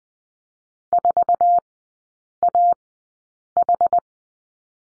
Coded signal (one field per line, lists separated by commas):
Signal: Morse code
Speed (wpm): 20 wpm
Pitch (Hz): 700 Hz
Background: none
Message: 4AH